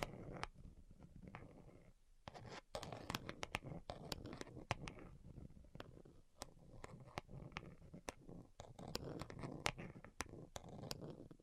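ASMR tapping: quick, sharp taps land irregularly over a low, rumbling scratchy bed, often in bursts of several close together. Around two seconds the sound briefly drops away, then the tapping resumes, denser and brighter, continuing steadily to the end.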